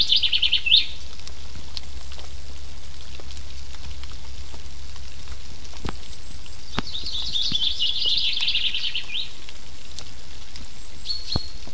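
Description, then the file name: Common chaffinch song: a brief fragment at the start, then a full phrase of quick descending notes, and a faint fragment near the end, over steady rain patter. "Fringilla coelebs"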